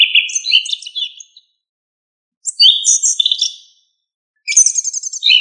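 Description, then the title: Thrush song in three varied warbled phrases with quick whistled and trilled notes, separated by short silent pauses; no other sounds. "Familia Turdidae - Sabia"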